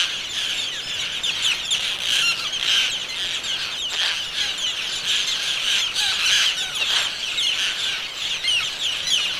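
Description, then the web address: Roseate tern colony calls: a dense, continuous chorus of harsh, raspy high calls overlapping throughout, with frequent sharper individual notes bursting out. Seabird recording of general vocalizations of roseate terns. "aves-marinhas garajaus garajau-rosado geral Vocalizacoes"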